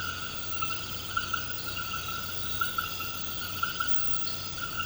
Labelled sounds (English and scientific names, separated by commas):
none